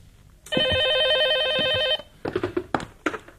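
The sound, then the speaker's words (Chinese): A telephone rings with a steady, buzzing high-pitched trill for about a second and a half, then stops. It's followed by a few clattering knocks and handling sounds. “803和沈西正在研究接下来的作战方案，电话铃声响了起来。”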